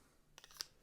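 A knife is handled at the mouth of its neck sheath while being reinserted, producing faint scrapes and small ticks around 0.4 s and a sharper tick near 0.6 s. Nothing has seated or clicked into the sheath's retention yet, so the knife is not yet fully secured.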